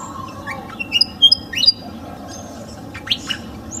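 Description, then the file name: Pied fantail song: a short run of clear, high whistled notes, some rising and some falling, followed by a few harsher chirps, over a steady low background hum. In a garden. "kipasan kebun. omkicau"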